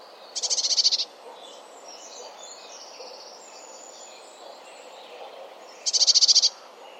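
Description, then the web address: Bird calls as two brief rapid trills of high pulsed notes, about five seconds apart, with faint sounds in between. "cianscape birddata Deverinetal 2025 Bird Only Cy Ca"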